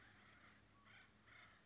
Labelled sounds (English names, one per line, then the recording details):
Acorn Woodpecker
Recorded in Sonoma County, California